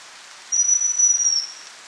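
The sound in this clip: Chestnut-belted chat-tyrant giving one thin, very high whistle, flat in pitch and held for close to a second, against soft steady hiss.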